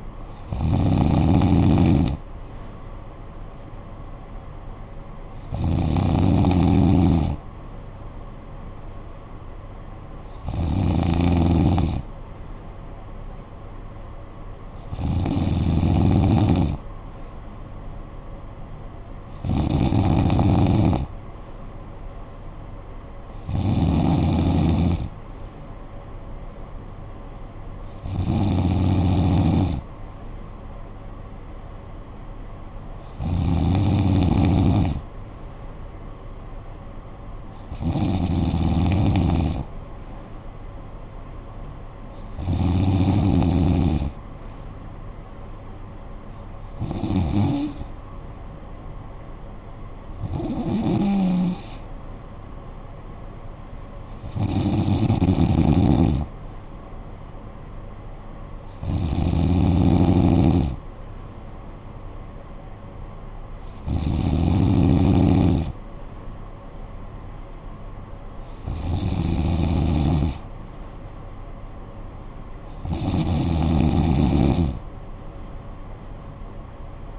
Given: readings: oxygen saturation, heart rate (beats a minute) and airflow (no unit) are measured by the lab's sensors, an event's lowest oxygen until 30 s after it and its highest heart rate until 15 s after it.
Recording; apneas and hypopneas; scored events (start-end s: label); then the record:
breathing in sleep by a smartphone at the bedside; none
38.00-68.00 s: new sleep stage, N3 (deep sleep)
68.00-77.19 s: new sleep stage, N2 (light sleep)
From the record:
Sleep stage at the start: N2 (light sleep); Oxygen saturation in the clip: 93 to 94%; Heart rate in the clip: 48 to 59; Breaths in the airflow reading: 17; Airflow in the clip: -9.3 to 6.4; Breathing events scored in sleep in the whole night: 445 in 7.6 hours asleep